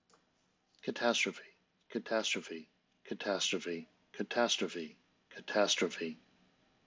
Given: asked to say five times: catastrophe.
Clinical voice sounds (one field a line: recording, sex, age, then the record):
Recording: repeated word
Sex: male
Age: 50 to 59 years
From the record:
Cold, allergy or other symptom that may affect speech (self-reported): no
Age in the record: 57 years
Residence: Mississippi, United States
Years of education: 16